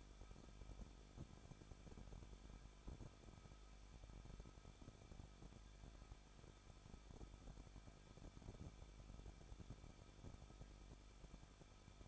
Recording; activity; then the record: daily activity, microphone in the room; no activity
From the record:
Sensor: 5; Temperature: 20.9 degrees Celsius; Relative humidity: 38.2%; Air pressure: 1006.4 hPa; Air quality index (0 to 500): 187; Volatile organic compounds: 18 ppm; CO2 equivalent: 2625 ppm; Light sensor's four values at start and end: 2/3/1/1 and 2/3/1/1